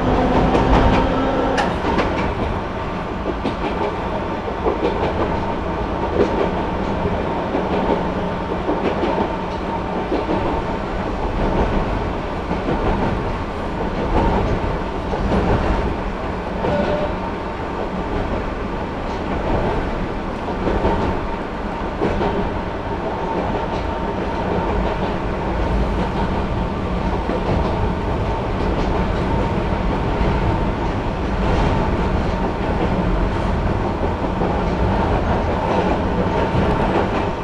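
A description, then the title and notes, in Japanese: A small local train runs steadily along the line after leaving a station, its wheels producing a dense, continuous rumble with faint rhythmic clicking over the rail joints. The sound is loud throughout, with a low motor drone underneath and no distinct pauses. 四日市あすなろう鉄道 日永→内部。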